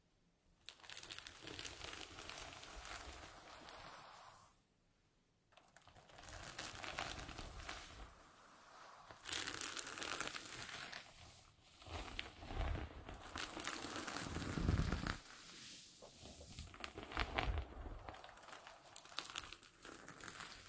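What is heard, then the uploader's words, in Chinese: Gentle hair brushing fills the clip with soft, dense bristly crackling in long continuous passes. Brief quiet gaps fall near 0.5 and 5 seconds. A few heavier, lower rustles stand out around 15 and 17 seconds. 温温柔柔梳头发。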